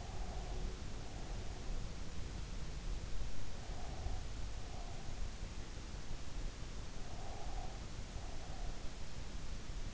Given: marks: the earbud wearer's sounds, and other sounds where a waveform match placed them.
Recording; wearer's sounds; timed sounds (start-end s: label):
sounds in sleep by an in-ear microphone; breath
0.00-1.76 s: breath
3.71-5.25 s: breath
6.96-8.96 s: breath